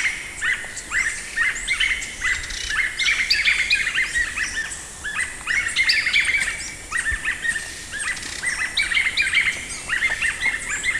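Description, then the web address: White-fronted nunbird song: dense, overlapping chorus of bright whistled and chirping notes, many rising or falling, pouring out without pause throughout. A pair singing; eastern lowlands of South America. "Natures Songs S America Eastern Lowlands Monasa morphoeus, songs pair"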